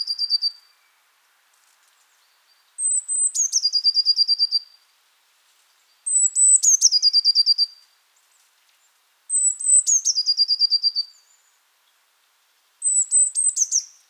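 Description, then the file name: Eurasian blue tit giving repeated calls, each a high thin note followed by a rapid stuttering trill, five phrases spaced roughly three seconds apart in quiet surroundings. "Cyanistes caeruleus"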